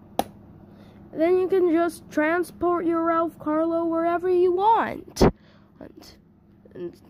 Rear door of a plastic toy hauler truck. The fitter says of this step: wait to hear the snap then